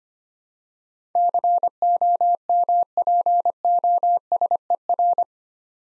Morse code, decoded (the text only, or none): COMPOSER